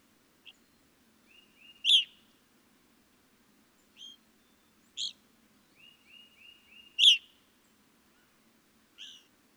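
Evening grosbeak calling: emphatic chirps spaced a few seconds apart, with quieter short calls and soft triplets between them.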